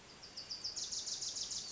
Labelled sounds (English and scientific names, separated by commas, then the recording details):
Wilson's Warbler (Cardellina pusilla)
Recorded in Sonoma County, California